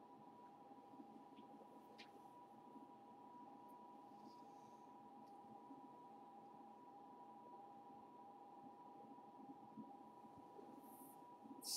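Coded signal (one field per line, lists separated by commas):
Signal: RTTY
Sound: continuous two-tone warbling data, rapidly alternating close pitches under hiss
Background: radio static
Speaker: saw this strong signal coming in already and decided to crank it up and see what was being transmitted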